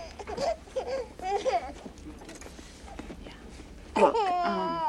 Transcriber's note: baby continues to cry